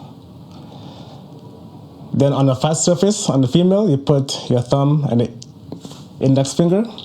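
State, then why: Not seated. The male piece of a 3D printed plastic swivel keychain is slipped into a groove against one of the tabs of the female housing, lining it up before it is squeezed home. Faint quiet handling comes first, then someone talks from about 2.1 s onward, with a brief soft tick near 5.7 s. Nothing has seated or clicked yet.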